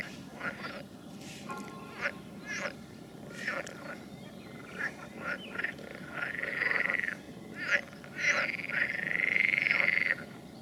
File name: Nature Recordings - Frogs